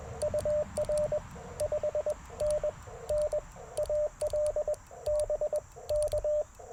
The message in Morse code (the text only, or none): UR 5NN AL BK